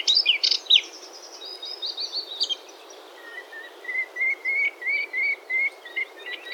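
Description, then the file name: Moustached warbler song: a scratchy passage of about two and a half seconds, then a quiet series of soft, rising whistled notes repeated in quick succession. "mariskenrohrsaenger"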